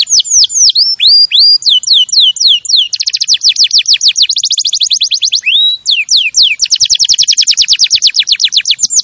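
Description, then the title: Canary song alternating slow, swooping whistles with long, very fast rolling trills, continuous and loud throughout. Champion canary song used as a master recording for training other birds. "Masteran Kenari Juara"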